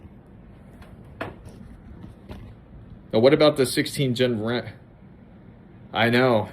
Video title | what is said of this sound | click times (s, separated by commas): 11-22-25- Live PC Upgrade! RTX 5080 + 1200w PSU🔥 | but I can assure you it does click. | 1.2 s